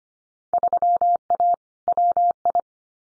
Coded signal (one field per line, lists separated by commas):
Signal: Morse code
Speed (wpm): 25 wpm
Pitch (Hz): 700 Hz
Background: none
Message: 3A WI